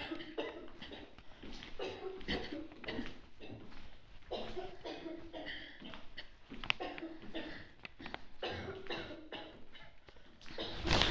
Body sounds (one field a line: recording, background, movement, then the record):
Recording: throat clearing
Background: a bystander coughing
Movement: walking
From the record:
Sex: female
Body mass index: 25.5 kg/m2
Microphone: on the chest, facing the body